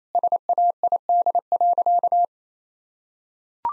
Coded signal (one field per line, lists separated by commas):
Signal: Morse code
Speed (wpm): 28 wpm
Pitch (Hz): 700 Hz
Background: none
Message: SAID.